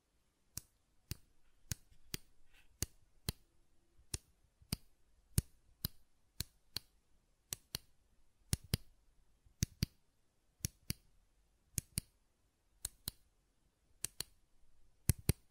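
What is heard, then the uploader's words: Sharp button clicks and taps repeat through the whole recording, roughly two or three each second at an uneven, hand-driven pace. Each one is crisp, snapping across low and high tones alike, with near-silence between them. ASMR Button Clicking and Tapping Sounds (No Talking).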